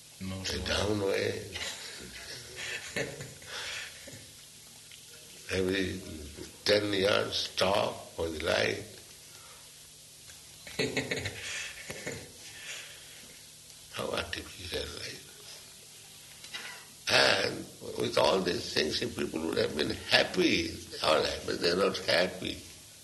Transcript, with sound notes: downway. Every ten yards stop for the light. [laughter] How artificial life. And with all these things, if people would have been happy, all right. But they're not happy,